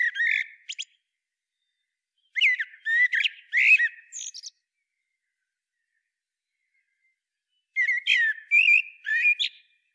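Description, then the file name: Common blackbird sings three separate phrases of mellow warbling mixed with thin squeaky twitters, with long quiet pauses between. "Turdus merula"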